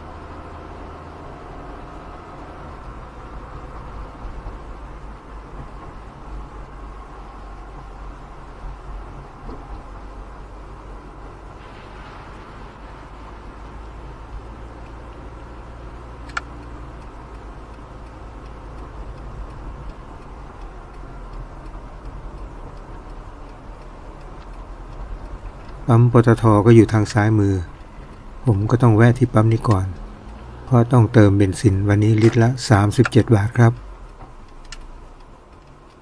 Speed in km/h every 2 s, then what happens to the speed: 38, 39, 39, 37, 35, 34, 34, 36, 36, 37, 36, 33, 26, 16, 12, 13, 13, 12.
0-19 steady at about 36. 19-27 slows to 12. 27-36 steady at about 12.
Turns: 27-31.